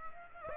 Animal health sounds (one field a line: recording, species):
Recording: mosquito wingbeat signal from an infrared sensor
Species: Aedes aegypti